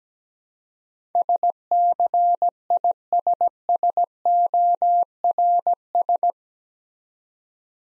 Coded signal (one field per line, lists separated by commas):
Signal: Morse code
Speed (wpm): 17 wpm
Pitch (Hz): 700 Hz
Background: none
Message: SCISSORS